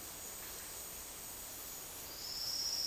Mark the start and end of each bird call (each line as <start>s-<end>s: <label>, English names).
2.04s-2.87s: Silvered Antbird